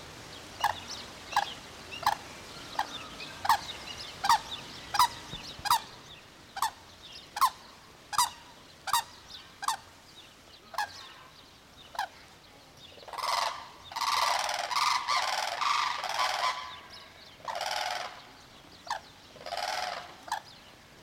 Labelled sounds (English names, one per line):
White-naped Crane call